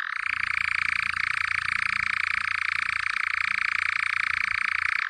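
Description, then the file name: European nightjar churr, an even, fast, purring mechanical trill held at one pitch without a pause, with faint low background rumble. "natteravn"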